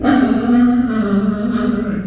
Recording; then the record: squeal of a Yucatan mini pig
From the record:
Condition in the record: after surgery on the right vocal fold (resection and tissue-engineered implant); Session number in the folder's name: 6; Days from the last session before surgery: 40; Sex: female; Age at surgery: 19 weeks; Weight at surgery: 25 kg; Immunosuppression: prednisolone